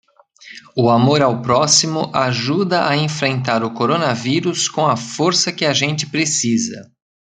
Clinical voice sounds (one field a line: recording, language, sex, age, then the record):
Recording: spoken sentence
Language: Brazilian Portuguese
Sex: male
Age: 50 to 59 years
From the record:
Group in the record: control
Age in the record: 55 years